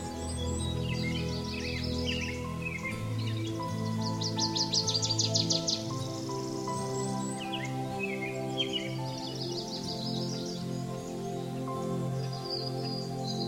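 Bird song with fast chattering trills and scattered chirps in the high register, layered over sustained low droning tones.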